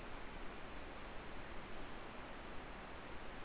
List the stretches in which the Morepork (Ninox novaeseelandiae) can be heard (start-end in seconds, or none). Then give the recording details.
none. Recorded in New Zealand. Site Eglinton